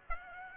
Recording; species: mosquito wingbeat signal from an infrared sensor; Aedes aegypti